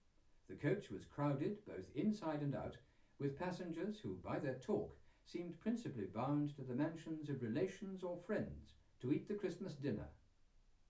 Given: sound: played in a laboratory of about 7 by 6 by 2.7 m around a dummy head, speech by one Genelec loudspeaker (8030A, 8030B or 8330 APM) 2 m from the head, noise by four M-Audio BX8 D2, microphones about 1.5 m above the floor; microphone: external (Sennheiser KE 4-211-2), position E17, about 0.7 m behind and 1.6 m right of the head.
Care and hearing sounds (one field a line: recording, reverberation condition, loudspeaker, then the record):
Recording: male speech in English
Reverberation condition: low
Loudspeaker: 60 degrees to the left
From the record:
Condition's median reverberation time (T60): about 310 ms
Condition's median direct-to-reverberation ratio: about 3.5 dB